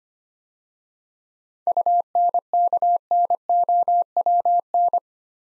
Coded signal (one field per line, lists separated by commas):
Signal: Morse code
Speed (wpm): 25 wpm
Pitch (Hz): 700 Hz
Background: none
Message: UNKNOWN